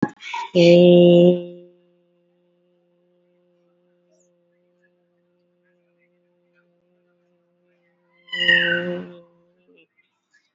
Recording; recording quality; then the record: sustained vowel as in made; excellent, no background noise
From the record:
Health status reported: COVID-19 positive, moderate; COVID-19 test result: positive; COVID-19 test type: RT-PCR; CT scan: not taken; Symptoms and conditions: cough, fever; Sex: female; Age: 45 years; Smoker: no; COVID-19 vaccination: one dose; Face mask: worn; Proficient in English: yes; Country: India